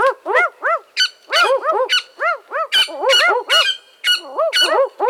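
Barking owl calls: quick runs of short, arched, dog-like woofs, overlapping in places, with harsher noisy bursts breaking in throughout.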